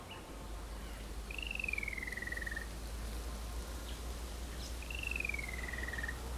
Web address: Creative Audio Pool - MOTHERLAND ETHIOPIA DAYTIME, SMALL TOWN, BACKYARD, BIRDS, TRAFFIC IN DISTANCE, LEAVES IN WIND